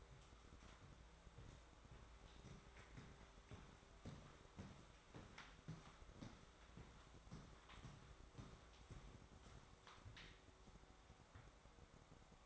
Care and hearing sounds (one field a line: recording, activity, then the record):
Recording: daily activity, microphone in the room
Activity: walk to room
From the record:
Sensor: 3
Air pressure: 1010.4 hPa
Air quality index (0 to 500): 167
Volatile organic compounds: 9 ppm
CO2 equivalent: 2184 ppm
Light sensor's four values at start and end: 51/126/56/63 and 50/121/54/61